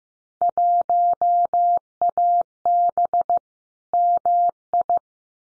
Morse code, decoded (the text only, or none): 1AB MI